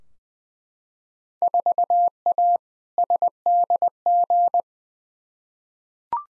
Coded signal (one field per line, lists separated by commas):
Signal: Morse code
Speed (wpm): 20 wpm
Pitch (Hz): 700 Hz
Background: none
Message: 4A SDG